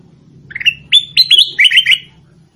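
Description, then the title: Sooty-headed bulbul song: a bright phrase of six or seven quick, slurred whistled notes, rising then falling, over a low steady hum. "Suara Burung Kutilang"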